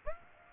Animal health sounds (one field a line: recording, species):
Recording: mosquito wingbeat signal from an infrared sensor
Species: Aedes aegypti